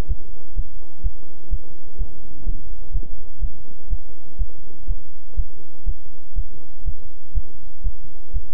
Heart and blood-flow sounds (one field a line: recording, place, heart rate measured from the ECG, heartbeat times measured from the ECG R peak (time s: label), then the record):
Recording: heart sounds by stethoscope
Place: between the tricuspid and mitral areas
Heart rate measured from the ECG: 124 bpm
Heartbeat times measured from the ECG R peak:
0.07 s: heartbeat
0.54 s: heartbeat
1.02 s: heartbeat
1.49 s: heartbeat
1.97 s: heartbeat
2.44 s: heartbeat
2.92 s: heartbeat
3.40 s: heartbeat
3.88 s: heartbeat
4.37 s: heartbeat
4.86 s: heartbeat
5.35 s: heartbeat
5.84 s: heartbeat
6.34 s: heartbeat
6.84 s: heartbeat
7.33 s: heartbeat
7.82 s: heartbeat
8.32 s: heartbeat
From the record:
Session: bicycle stress test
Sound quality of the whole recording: good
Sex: male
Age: 26 years